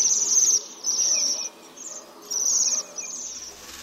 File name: JEMIOŁUSZKA